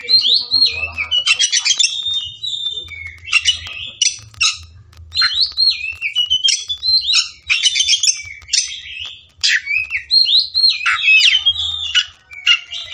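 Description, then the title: Oriental magpie-robin singing loud, fast, varied phrases of whistles, rattling trills and sharp chattering notes, nearly continuous with short gaps, over a low background rumble. "Kacer Langsung Tarung Konslet KACER NGOTOT FULL TEMBAKAN"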